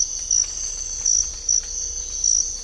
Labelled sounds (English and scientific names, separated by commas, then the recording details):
none
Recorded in dense forest near Puerto Asís, Putumayo, Colombia, on 18 December 2024 at 05:30
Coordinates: 0.500, -76.322
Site G053